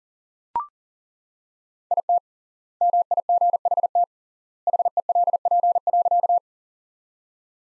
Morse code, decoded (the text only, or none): IT MIGHT HELP.